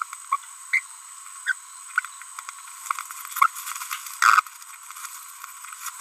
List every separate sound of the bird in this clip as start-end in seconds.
0.32-0.36, 0.73-0.80, 1.47-1.52, 4.22-4.40